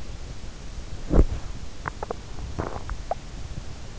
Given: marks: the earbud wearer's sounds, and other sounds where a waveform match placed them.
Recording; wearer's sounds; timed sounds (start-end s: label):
sounds in sleep by an in-ear microphone; body movement, swallowing
0.95-2.58 s: body movement
1.76-3.28 s: swallowing